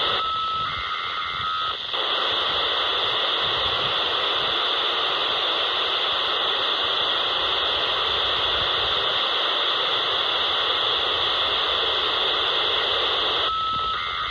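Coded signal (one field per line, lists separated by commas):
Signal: modem data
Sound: brief steady tone, then about 11 seconds of harsh data hiss, tone again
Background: radio static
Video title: 37.120 MHz 74.4 Hz - FSK Data Bursts SCADA or Telemetry - VHF Low Band DX - 16 February 2023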